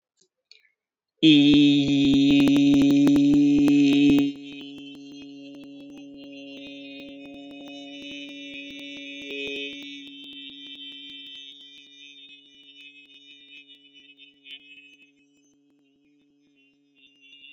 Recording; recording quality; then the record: sustained vowel as in beet; excellent, no background noise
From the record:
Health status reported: healthy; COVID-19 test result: not tested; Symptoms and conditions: cough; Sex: male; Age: 27 years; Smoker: not ticked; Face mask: not worn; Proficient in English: yes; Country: India